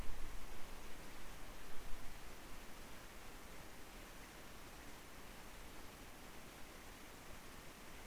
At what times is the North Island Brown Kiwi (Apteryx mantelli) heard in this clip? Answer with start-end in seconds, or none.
none